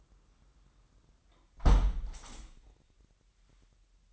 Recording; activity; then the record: daily activity, microphone in the room; close window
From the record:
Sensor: 3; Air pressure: 998.6 hPa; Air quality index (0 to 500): 132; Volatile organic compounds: 4 ppm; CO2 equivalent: 1584 ppm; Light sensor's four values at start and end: 8/20/8/9 and 8/19/8/8